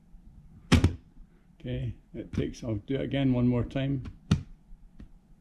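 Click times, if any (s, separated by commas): none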